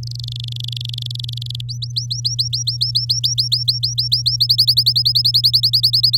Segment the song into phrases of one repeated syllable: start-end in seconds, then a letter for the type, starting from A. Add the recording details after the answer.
0.03-1.61 A, 1.69-4.36 B, 4.40-6.17 C. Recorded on 10 May 2018 at 17:30. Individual llb16